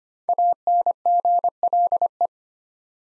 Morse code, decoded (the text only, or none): ANGLE